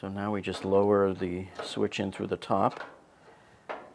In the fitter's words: it very easily just snaps into place and